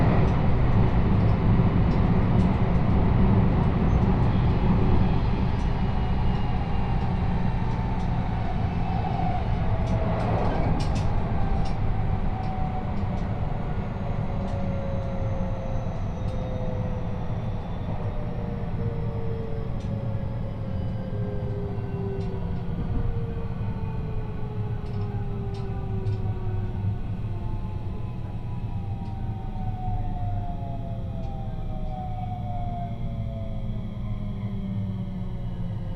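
A train on the Sanyo and Ako lines rumbles steadily along, a thick low roar that holds through the whole stretch. Whining motor tones slide downward as it slows, and faint clicks and a brief rattle near ten seconds cut through.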